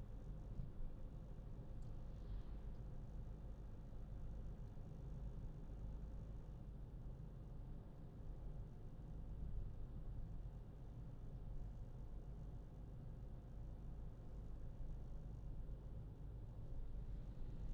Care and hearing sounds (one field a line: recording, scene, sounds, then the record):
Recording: everyday scene through a hearing-aid microphone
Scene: in a vehicle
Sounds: engine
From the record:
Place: Berlingo II, diesel engine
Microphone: in the ear canal, left